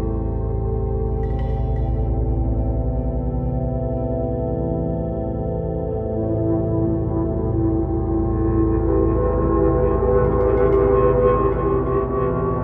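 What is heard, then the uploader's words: A spacious drone of layered low tones hums steadily and ringing like a singing bowl, growing slightly brighter and busier after the halfway point. Spacious Drone.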